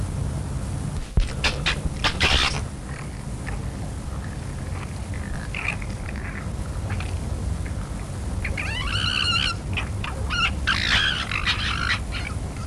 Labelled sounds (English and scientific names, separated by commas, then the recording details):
Corsac Fox (Vulpes corsac)
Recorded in captivity
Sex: group
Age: adult
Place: Tierpark Berlin, Berlin, DE
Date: 1963-07-05 21:00
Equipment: Minifon, Kopie BG 26/1
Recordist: Tembrock, Günter